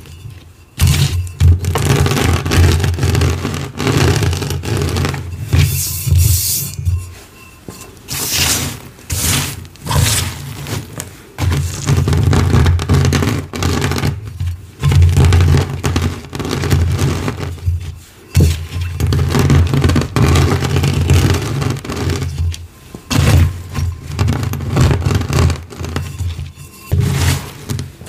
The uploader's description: Glassy Crunchy Gym Chalk Shards & Rolling Pin Crushes